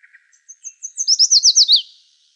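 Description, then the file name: Yellow warbler song, high thin notes that quicken into loud, clear down-slurred whistles before a final dropping note. Recorded in Arizona. "YWAR 2 deviche"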